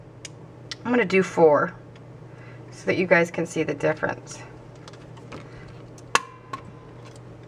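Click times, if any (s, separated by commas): 6.1 s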